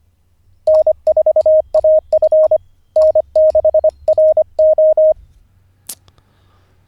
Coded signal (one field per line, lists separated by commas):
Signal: Morse code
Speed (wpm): 25 wpm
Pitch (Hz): 620 Hz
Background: none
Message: N4AF N6RO